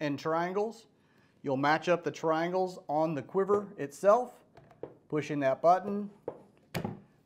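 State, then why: Seated. A quiver for a TenPoint TX 440 crossbow is pushed onto its mounting bracket on the crossbow with the push button pressed and the triangle marks lined up. Someone talks through most of the clip, then after a soft knock at 6.3 s, a sharp snap at 6.8 s marks the quiver latching securely onto the bracket.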